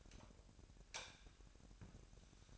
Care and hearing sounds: daily activity, microphone in the room; light off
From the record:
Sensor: 2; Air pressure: 1011.8 hPa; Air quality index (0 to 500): 212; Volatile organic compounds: 3 ppm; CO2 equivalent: 1497 ppm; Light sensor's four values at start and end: 15/42/17/17 and 11/25/11/11

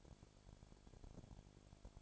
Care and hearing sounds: daily activity, microphone in the room; no activity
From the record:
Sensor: 5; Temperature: 20.1 degrees Celsius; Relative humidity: 36.5%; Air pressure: 1001.1 hPa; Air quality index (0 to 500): 176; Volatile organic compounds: 4 ppm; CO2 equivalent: 1602 ppm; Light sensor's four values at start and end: 2/3/1/1 and 2/3/1/1

